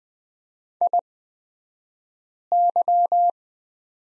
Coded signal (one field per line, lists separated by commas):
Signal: Morse code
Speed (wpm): 20 wpm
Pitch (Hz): 700 Hz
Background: none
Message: IY